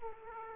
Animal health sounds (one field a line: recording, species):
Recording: mosquito wingbeat signal from an infrared sensor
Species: Aedes aegypti